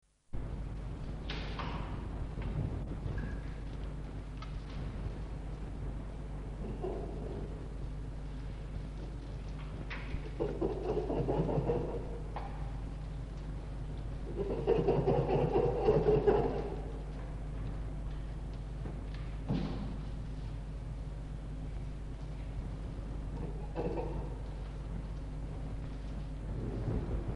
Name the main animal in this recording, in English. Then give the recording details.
Red Fox. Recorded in captivity. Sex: group. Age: adult. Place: Zoologisches Institut der HUB, Berlin, DE. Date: 1955-02-26 17:50. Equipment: 19 cm, Halbspuraufnahme (BG 5). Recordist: Tembrock, Günter. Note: Band F 206-1: Jupp: LMf (mit Fleisch)